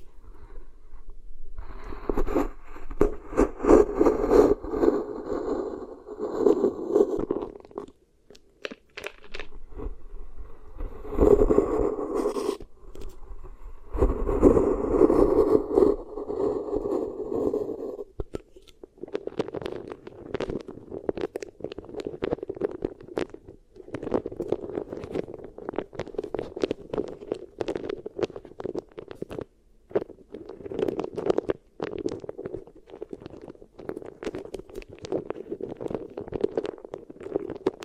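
Beeswax is squished and rubbed for ear triggers, with sticky crackling and scraping, louder bursts early, then steadier rubbing dotted with sharp clicks.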